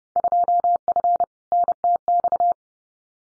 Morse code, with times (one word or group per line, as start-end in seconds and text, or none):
0.2-1.2 2F
1.5-2.5 NTX